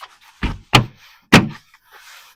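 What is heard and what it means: More plastic clips of the trim panel on a 2015 Toyota Sienna LE liftgate are pressed home, with two loud, sharp snaps at 0.8 s and 1.3 s. Each snap comes just after a dull thump, and someone talks quietly. The clips seat into the liftgate.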